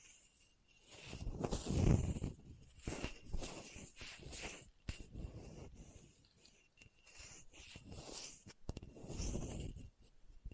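Scratching across a hard, bumpy surface, made of rough, gritty strokes that swell and fade in bursts every second or so. The strongest scrape comes near the two-second mark, with short clicks and brief pauses between strokes throughout.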